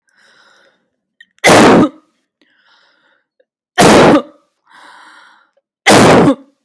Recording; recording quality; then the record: heavy voluntary cough; excellent, no background noise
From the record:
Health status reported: healthy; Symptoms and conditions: none ticked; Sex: female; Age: 27 years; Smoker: not ticked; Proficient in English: yes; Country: Canada